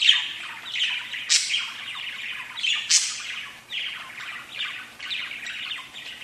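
Budgerigar: budgie calls: grating chatter with two bright, sharp squeaks rising above the steady scratchy warbling.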